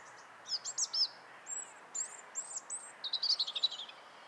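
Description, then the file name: European robin song, high clear whistles and quick trilled notes in varied phrases, ending in a fast tinkling flourish. "Erithacus rubecula"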